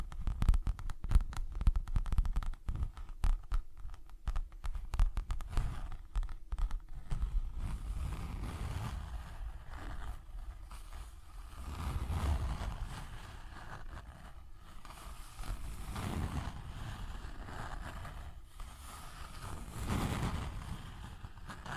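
ASMR tapping and scratching: quick dense taps for the first seven seconds, then softer rubbing, low rumbling swells recurring every few seconds.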